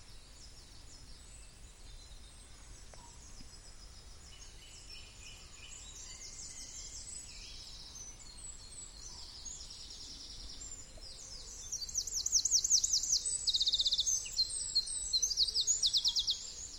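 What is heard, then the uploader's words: Birds sing in a dawn chorus in an oak wood, with many high, thin songs overlapping against a soft low rumble. The singing is faint at first, then a bird bursts into a fast, bright trilling run from about twelve seconds on. The dawn chorus from a West Country oak wood. An oak woodland on a small hill in the West Country. It's 5am and the weather is cool and dry. Bluebells carpet the woodland floor while blackbirds, wrens, robins and goldcrests lead the dawn chorus to welcome the new day.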